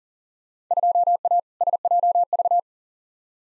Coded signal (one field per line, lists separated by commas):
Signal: Morse code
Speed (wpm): 40 wpm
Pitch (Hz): 700 Hz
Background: none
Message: 2A SJV